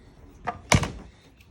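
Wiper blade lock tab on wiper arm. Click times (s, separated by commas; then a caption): 0.7 s. The plastic lock tab of a wiper blade on the wiper arm of a 2012 Ford Explorer is pinched on both sides and raised, with a light tick at 0.5 s before it pops up easily with a sharp plastic click at 0.7 s and a smaller rattle right after. This releases the blade from the arm, and a faint tick follows at 1.4 s.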